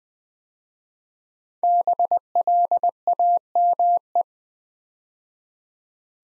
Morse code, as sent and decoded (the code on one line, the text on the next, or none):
-... .-.. .- -- .
BLAME